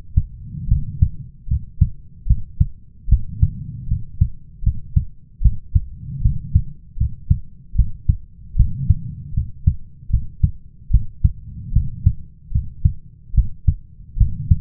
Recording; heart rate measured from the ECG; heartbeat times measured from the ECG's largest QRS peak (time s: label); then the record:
heart sounds by stethoscope; 76 bpm
0.68 s: heartbeat
1.48 s: heartbeat
2.27 s: heartbeat
3.09 s: heartbeat
3.88 s: heartbeat
4.63 s: heartbeat
5.42 s: heartbeat
6.22 s: heartbeat
6.97 s: heartbeat
7.75 s: heartbeat
8.56 s: heartbeat
9.34 s: heartbeat
10.10 s: heartbeat
10.91 s: heartbeat
11.73 s: heartbeat
12.52 s: heartbeat
13.34 s: heartbeat
14.17 s: heartbeat
From the record:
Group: healthy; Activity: rest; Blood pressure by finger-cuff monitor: 121/84 mmHg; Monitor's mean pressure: 92 mmHg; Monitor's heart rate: 75 bpm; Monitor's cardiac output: 5.5 L/min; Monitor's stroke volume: 73 mL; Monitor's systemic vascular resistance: 1220 dyn s/cm5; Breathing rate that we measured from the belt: 22 breaths a minute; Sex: male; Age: 21 years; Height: 170 cm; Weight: 71 kg